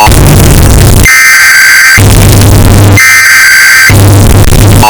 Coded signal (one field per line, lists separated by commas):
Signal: Emergency Alert System (SAME) tones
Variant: header bursts